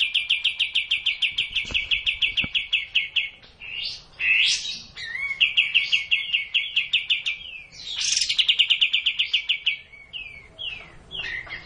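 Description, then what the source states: Cililin singing rapid rattling trills of high repeated notes, broken by sweeping upslurred and downslurred whistles, with the trills resuming. Song in the style called kapas tembak.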